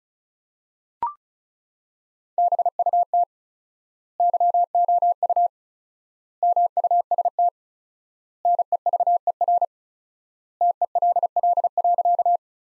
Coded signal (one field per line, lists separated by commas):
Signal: Morse code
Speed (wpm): 34 wpm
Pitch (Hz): 700 Hz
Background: none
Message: BUT YOU MUST NEVER TELL.